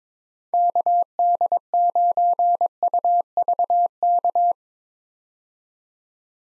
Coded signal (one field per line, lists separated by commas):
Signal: Morse code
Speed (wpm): 22 wpm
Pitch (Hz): 700 Hz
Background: none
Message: KD9UVK